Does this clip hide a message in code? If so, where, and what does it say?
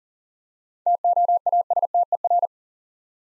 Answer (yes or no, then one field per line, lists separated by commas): yes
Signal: Morse code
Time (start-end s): 0.9-2.5 s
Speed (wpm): 38 wpm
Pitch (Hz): 700 Hz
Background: none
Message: TOASTER